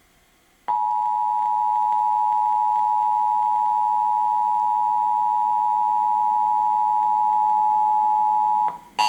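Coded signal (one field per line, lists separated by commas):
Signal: Emergency Alert System (SAME) tones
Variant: 853 and 960 Hz attention tone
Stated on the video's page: Emergency Alert System tones recorded off C-SPAN2 television broadcast, received in Sioux Falls, South Dakota.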